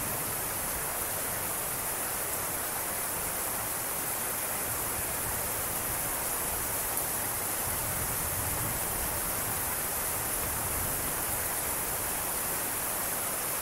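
Heavy rain pours steadily and densely, a constant bright hiss of countless drops with no pauses. The level holds even throughout, with only a faint low rumble stirring underneath; no distinct thunderclap stands out.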